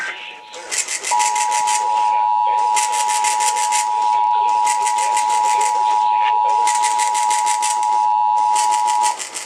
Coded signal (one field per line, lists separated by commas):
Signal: Emergency Alert System (SAME) tones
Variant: 853 and 960 Hz attention tone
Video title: EAS: South Carolina's Required Monthly Test on FM 08/11/2021